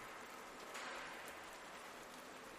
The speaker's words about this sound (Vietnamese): Cái xóm nghèo chìm ngập trong cơn mưa nặng hạt